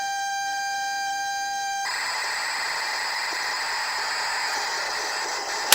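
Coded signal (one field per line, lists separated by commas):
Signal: ZX Spectrum tape loading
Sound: steady buzzing pilot tone, then a harsh rasping data screech with harmonics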